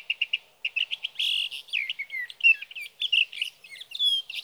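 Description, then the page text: Sage thrasher song opening with quick repeated clipped notes, then a buzzy burst and a long flowing warble of slurred, rising and falling whistles. Male singing through the night near his night roost, evenings June 12 to mornings June 15, 2018, Sierra Valley, California; Swift recorder. "61. Sage thrasher songs, through the night."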